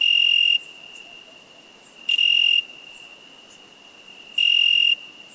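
Cricket giving three short, shrill pulsed chirps with long pauses between them, over a thin continuous high hum.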